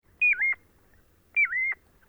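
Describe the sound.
Piping Plover whistled calls, two clear piping notes about a second apart, each a short high whistle dipping slightly then holding steady, in otherwise quiet surroundings.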